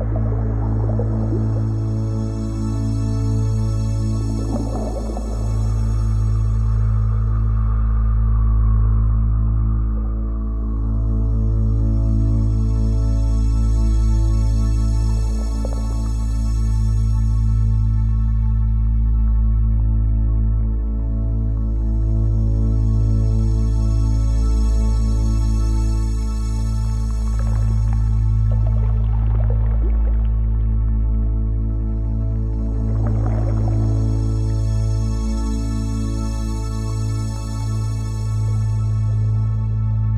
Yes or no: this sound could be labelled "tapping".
no